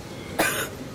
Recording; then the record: coughing mixed with background sound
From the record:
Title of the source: 30 Chesty and wet cough